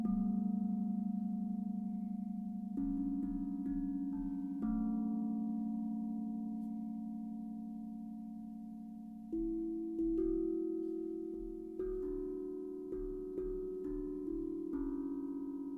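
Singing bowls and chimes ring out in a slow succession of soft strikes, each tone sustaining and overlapping the last. A long, steady hum fills the middle stretch before a quicker cluster of notes arrives near the end, with a low drone underneath throughout.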